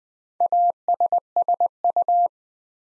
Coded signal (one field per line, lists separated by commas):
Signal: Morse code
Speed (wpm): 20 wpm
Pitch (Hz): 700 Hz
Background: none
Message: ASSU